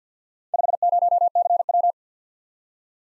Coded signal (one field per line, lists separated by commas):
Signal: Morse code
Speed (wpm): 49 wpm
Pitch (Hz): 700 Hz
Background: none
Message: 50CW